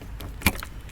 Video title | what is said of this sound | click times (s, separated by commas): 11-14 Coyote mustang GT intake manifold install | alright that's actually pretty tight pop comes out just like that that was like that see | 0.5 s